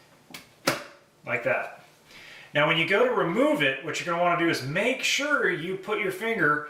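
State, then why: Seated. A PCIe riser extension cable connector is pushed onto a graphics card in a small aluminum case, and its retaining tab snaps into place with a sharp click at 0.7 s, showing it is fully seated. A fainter tap comes just before, at 0.4 s, and someone then talks through the rest of the clip.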